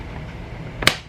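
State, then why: Seated. A makeup mirror is pushed onto its plastic stand and snaps into place with a sharp click at 0.9 s, just after a softer transient at 0.8 s. Before it there is only a low, quiet background hum. The mirror is seated on the stand.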